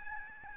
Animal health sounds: mosquito wingbeat signal from an infrared sensor; Aedes albopictus

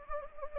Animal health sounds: mosquito wingbeat signal from an infrared sensor; Anopheles gambiae

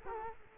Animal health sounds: mosquito wingbeat signal from an infrared sensor; Culex quinquefasciatus

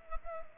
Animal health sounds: mosquito wingbeat signal from an infrared sensor; Culex pipiens

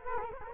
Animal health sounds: mosquito wingbeat signal from an infrared sensor; Culex quinquefasciatus

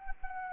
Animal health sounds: mosquito wingbeat signal from an infrared sensor; Anopheles arabiensis

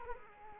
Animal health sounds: mosquito wingbeat signal from an infrared sensor; Culex quinquefasciatus

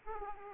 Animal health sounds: mosquito wingbeat signal from an infrared sensor; Aedes aegypti

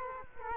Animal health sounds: mosquito wingbeat signal from an infrared sensor; Culex quinquefasciatus

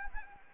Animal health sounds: mosquito wingbeat signal from an infrared sensor; Anopheles arabiensis

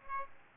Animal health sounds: mosquito wingbeat signal from an infrared sensor; Aedes aegypti

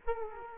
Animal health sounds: mosquito wingbeat signal from an infrared sensor; Culex quinquefasciatus

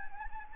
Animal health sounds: mosquito wingbeat signal from an infrared sensor; Anopheles gambiae

